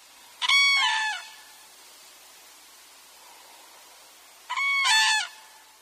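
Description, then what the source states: Common Crane calling, two loud trumpeting, rolling calls about four seconds apart, over a steady background hiss. Winters in Africa, Southern Europe and Asia.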